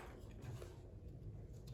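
A plastic bottom strap clip is handled near its mount on a face mask while being refitted after cleaning. Only soft, low handling rustle and faint bumps are heard, with no sharp transient. Nothing has clicked or seated yet.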